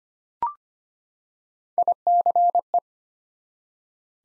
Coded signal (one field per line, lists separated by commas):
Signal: Morse code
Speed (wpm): 25 wpm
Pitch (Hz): 700 Hz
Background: none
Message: ICE